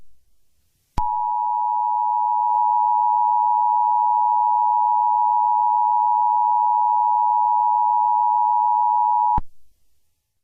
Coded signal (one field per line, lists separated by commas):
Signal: Emergency Alert System (SAME) tones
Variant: 853 and 960 Hz attention tone